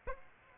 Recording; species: mosquito wingbeat signal from an infrared sensor; Aedes aegypti